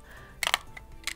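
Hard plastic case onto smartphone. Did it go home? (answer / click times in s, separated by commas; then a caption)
yes / 0.5 s, 1.1 s. A hard plastic case is fitted onto a Samsung Vibrant phone: the top is set in, then the bottom is pressed on. Sharp plastic snaps ring out at about 0.5, 0.5 and 1.1 seconds, with a fainter tick in between. The case snaps into place and is seated.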